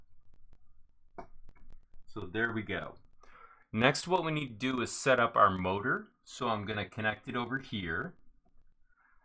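A TMC2226 stepper driver module, a small PCB with pin headers, is lined up by its black and red colour marking and pressed with thumb pressure into the header socket on a 3D printer mainboard. A sharp click at 1.2 s marks it seating in place. Someone talks afterwards.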